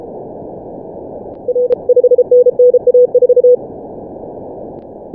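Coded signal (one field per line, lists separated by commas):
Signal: Morse code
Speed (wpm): 33 wpm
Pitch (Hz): 490 Hz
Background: none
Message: R 5NNA4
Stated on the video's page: Morse Runner contest simulation run, 48 QSOs in 10 minutes.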